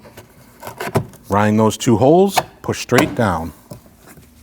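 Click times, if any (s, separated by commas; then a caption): 0.8 s. An electrical wiring plug is pushed into the switch on the rear door trim panel piece of a 2003-2008 Subaru Forester before the panel is installed. A sharp click sounds at 0.8 s as the connector seats, followed by someone talking. The plug is clipped in.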